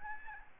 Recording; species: mosquito wingbeat signal from an infrared sensor; Aedes albopictus